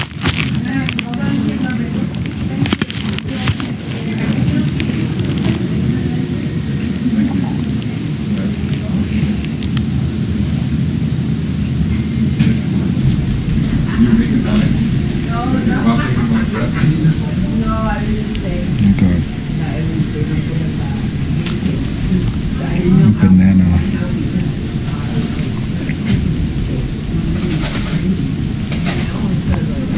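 Emergency room ambience: a steady, dense murmur of overlapping voices at an even level throughout. Clearer snatches of speech rise out of the crowd around the middle and again near twenty-three seconds, with faint clicks and bumps underneath.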